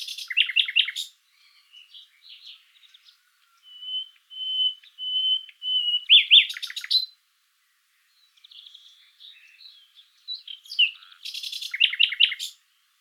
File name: Luscinia megarhynchos